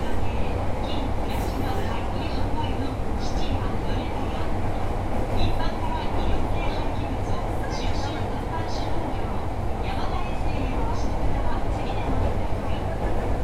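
An Osaka Metro 10 series chopper train runs along, its steady low rumble holding at an even level throughout. Brief bright squeals and clicks from the wheels and equipment flicker in every second or so, and faint voices murmur beneath the running noise.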